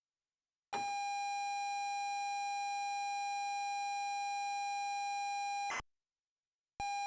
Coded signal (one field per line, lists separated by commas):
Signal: ZX Spectrum tape loading